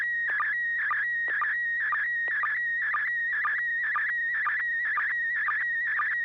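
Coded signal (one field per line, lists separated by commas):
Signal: SSTV (slow-scan television)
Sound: steady whistling tone broken twice a second by warbling chirps and brief low blips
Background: low mains hum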